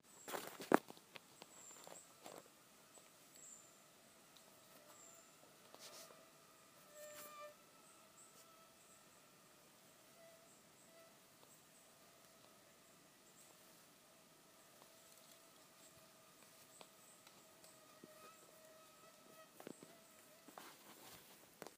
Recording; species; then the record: mosquito flight sound by mobile phone; Aedes sierrensis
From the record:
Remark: swarm, several mosquitoes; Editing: field recording with all noises